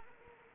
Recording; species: mosquito wingbeat signal from an infrared sensor; Anopheles arabiensis